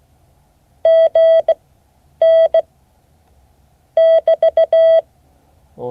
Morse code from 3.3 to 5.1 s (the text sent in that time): <BT>